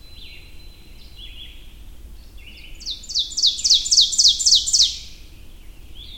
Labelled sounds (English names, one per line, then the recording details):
Ovenbird song
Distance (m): 5 m
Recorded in boreal forest in Alberta, Canada, on 22 June 2016 at 05:03
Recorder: SongMeter 3, array SBT-6-76
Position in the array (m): 150 m, 114 m
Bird 3